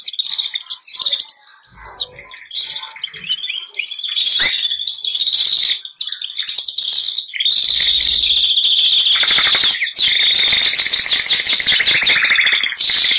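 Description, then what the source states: Canary (Bernois): canary song, a long varied run of high twittering phrases and rolling trills that grows louder and steadier midway. Bernois canary breed.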